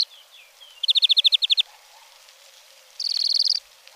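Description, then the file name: European greenfinch song: a few faint notes, then a rapid, steady trill, a pause, and a higher buzzing trill. "Verdier"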